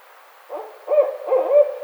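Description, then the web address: Barred owl hoots, a quick run of several rhythmic hooting notes starting after a short silence. Recorded on 29 May 2009. "Barred Owl 2009 05 29"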